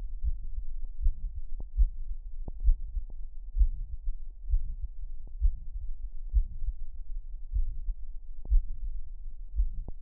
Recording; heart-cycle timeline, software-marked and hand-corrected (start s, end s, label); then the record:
heart sounds
0.00	0.24	diastole
0.24	0.32	S1
0.32	0.55	systole
0.55	0.62	S2
0.62	1.02	diastole
1.02	1.11	S1
1.11	1.33	systole
1.33	1.42	S2
1.42	1.76	diastole
1.76	1.92	S1
1.92	2.08	systole
2.08	2.18	S2
2.18	2.62	diastole
2.62	2.78	S1
2.78	2.94	systole
2.94	3.04	S2
3.04	3.56	diastole
3.56	3.72	S1
3.72	3.90	systole
3.90	3.98	S2
3.98	4.48	diastole
4.48	4.62	S1
4.62	4.80	systole
4.80	4.88	S2
4.88	5.40	diastole
5.40	5.54	S1
5.54	5.74	systole
5.74	5.84	S2
5.84	6.34	diastole
6.34	6.50	S1
6.50	6.74	systole
6.74	6.86	S2
6.86	7.50	diastole
7.50	7.66	S1
7.66	7.86	systole
7.86	7.96	S2
7.96	8.50	diastole
8.50	8.64	S1
8.64	8.84	systole
8.84	8.96	S2
8.96	9.56	diastole
9.56	9.70	S1
9.70	9.88	systole
9.88	9.98	S2
9.98	10.02	diastole
From the record:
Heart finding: mitral regurgitation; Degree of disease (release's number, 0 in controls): 2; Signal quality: good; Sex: male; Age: 80 years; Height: 1.65 m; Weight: 90 kg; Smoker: yes